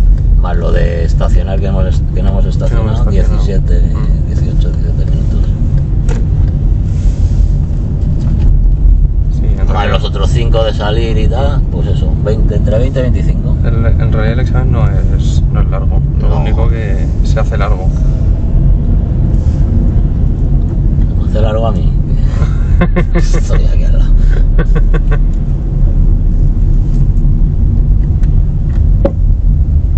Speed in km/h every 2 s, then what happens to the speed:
24, 24, 28, 28, 29, 32, 31, 29, 29, 33, 30, 30, 29, 26, 23.
0-10 speeds up to 32. 10-19 steady at about 31. 19-30 slows to 23.